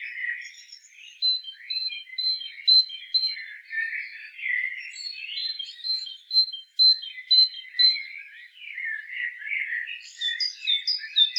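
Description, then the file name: Great tit calls: a busy run of short chirps and clipped notes between mid and high pitch, with some lower elements, repeated quickly and unevenly throughout. "Parus major"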